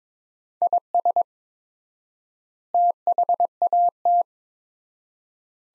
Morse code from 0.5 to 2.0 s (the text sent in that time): IS